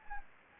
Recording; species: mosquito wingbeat signal from an infrared sensor; Anopheles gambiae